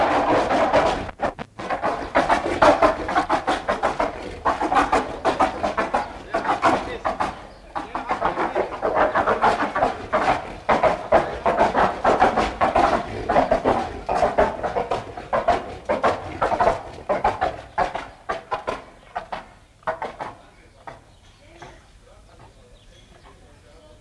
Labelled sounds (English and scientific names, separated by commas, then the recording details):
Sloth Bear (Melursus ursinus) aggressive call
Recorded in captivity
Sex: pair
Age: adult
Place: Zoo Leipzig, Sachsen, DE
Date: 1980-07-09 14:49
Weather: overcast, partly sunny, 18-20°C
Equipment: Uher CR 210, Sennheiser MD 421 HL, Verstärker, Kopie Uher 4200
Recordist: Tembrock, Günter